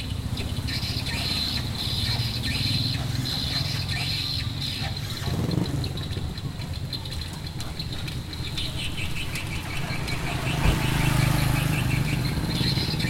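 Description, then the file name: Swallow chirping calls, short high notes in scattered runs over a constant loud low droning noise. "golondrinas"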